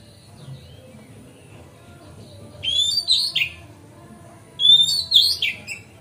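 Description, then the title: Magpie-robin singing two short phrases of bright, rising and falling whistles about two seconds apart, after a quiet start with faint background hum. Kept as a masteran (song tutor) bird, recorded on a terrace. "Kacer Masteran Teras"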